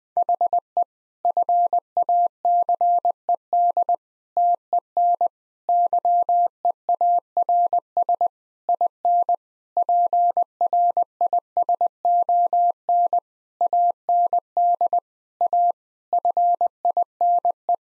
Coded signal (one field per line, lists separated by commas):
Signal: Morse code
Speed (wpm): 20 wpm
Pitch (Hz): 700 Hz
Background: none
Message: HE FACED TEN YEARS IN PRISON AND A FINE